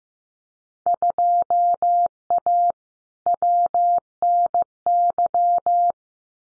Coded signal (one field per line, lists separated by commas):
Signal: Morse code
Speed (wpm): 15 wpm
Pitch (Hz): 700 Hz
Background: none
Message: 2A WNY